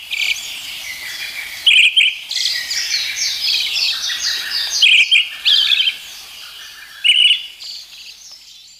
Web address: sikioto birds akahara